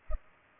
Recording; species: mosquito wingbeat signal from an infrared sensor; Culex pipiens